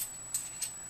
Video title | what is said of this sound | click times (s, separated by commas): Embossing with Cri-Kit on Vellum | And it just snaps right in with this little magnet which holds it in. | 0.3 s